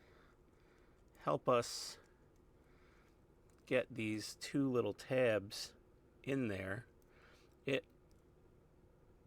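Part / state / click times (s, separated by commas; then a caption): plastic locating tabs into holes in a model kit part / not seated / none. Two small plastic locating tabs on a part of a 1:48 scale U96 U-Boat model kit from Hachette partworks are handled, with a liquid applied to them to lubricate them before they are pushed into their holes. Someone talks in short bursts over a quiet background. Nothing has seated or clicked yet.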